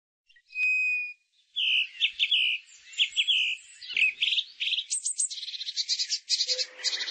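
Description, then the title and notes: Prinia song opening with a short pure whistle, then chattering chirps building into fast, dry, rattling trills of high notes. Full song including the continuous song style called ngerol. "Suara Kicau Burung Prenjak Lengkap dan Ngerol"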